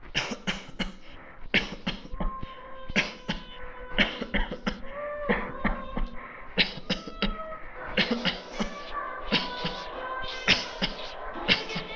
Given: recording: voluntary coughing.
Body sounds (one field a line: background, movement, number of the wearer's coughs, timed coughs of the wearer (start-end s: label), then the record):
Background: music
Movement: walking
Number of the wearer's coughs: 26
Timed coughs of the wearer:
0.14-0.45 s: cough
0.45-0.70 s: cough
0.78-0.97 s: cough
1.51-1.77 s: cough
1.85-2.12 s: cough
2.18-2.39 s: cough
2.93-3.27 s: cough
3.27-3.52 s: cough
3.96-4.25 s: cough
4.31-4.61 s: cough
4.64-4.81 s: cough
5.27-5.56 s: cough
5.62-5.84 s: cough
5.94-6.09 s: cough
6.55-6.80 s: cough
6.87-7.12 s: cough
7.19-7.39 s: cough
7.95-8.18 s: cough
8.18-8.49 s: cough
8.58-8.77 s: cough
9.29-9.55 s: cough
9.62-9.83 s: cough
10.45-10.69 s: cough
10.79-11.00 s: cough
11.46-11.71 s: cough
11.71-11.89 s: cough
From the record:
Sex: male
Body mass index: 22.0 kg/m2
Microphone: on the chest, facing the body